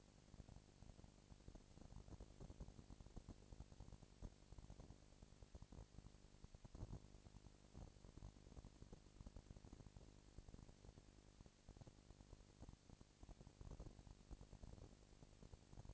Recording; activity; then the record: daily activity, microphone in the room; no activity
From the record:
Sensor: 5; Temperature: 19.8 degrees Celsius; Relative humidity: 36.7%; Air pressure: 997.0 hPa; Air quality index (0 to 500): 169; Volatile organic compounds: 14 ppm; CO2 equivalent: 2440 ppm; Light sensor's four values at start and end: 2/3/1/1 and 2/3/1/1